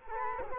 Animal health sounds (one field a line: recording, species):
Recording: mosquito wingbeat signal from an infrared sensor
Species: Culex quinquefasciatus